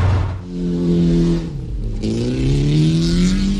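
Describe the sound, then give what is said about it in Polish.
A cheap car's engine revs hard at a Wrak Race wreck race, where helmeted drivers race and light contact is allowed. Its droning pitch climbs, dips briefly as it shifts, then rises again in a steady, loud growl with no voices. “Zasady są takie, kupujemy tani samochód, najlepiej o wartości do 1000 zł, musimy mieć prawo jazdy, zakładamy kaski i ścigamy się.”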